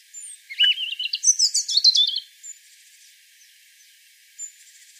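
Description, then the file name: European robin sings a short, high, jumbled phrase of sparkling notes and trills, followed by near silence with faint thin whistles. "Erithacus rubecula"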